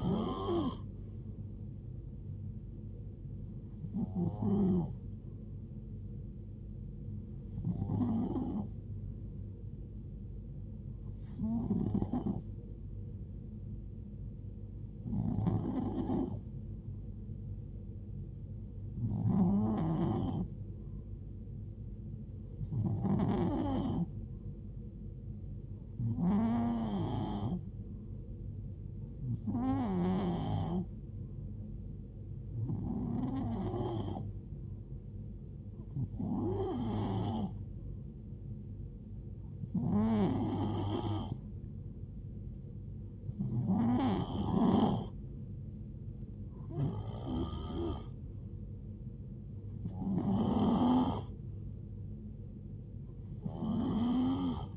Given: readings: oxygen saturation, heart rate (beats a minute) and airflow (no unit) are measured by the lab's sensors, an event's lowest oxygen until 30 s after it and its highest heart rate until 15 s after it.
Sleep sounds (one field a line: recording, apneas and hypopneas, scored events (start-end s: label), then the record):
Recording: breathing in sleep by a smartphone at the bedside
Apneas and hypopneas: 1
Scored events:
13.00-42.30 s: hypopnea (N2, oxygen 94% highest, then 91% lowest, heart rate 72 at the start, 75 highest)
From the record:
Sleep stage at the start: N2 (light sleep)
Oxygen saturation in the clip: 91 to 94%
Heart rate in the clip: 63 to 76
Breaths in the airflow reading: 15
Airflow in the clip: -5.9 to 2.3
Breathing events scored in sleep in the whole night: 389 in 6.3 hours asleep